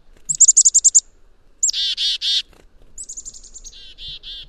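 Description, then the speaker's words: Black-capped chickadee chick-a-dee call: a quick run of high, thin chips followed by three harsh, buzzy dee notes, then another high run and fainter buzzy notes. Typical chickadee-dee-dee call, distinct from the spring song; the number of dee notes at the end reflects the bird's judgment of how dangerous a threat is. "You might not know, but the black-capped chickadee call, that very charismatic chickadee-dee-dee, the number of D's at the end is a judgment that the chickadee makes about how dangerous a particular threat would be."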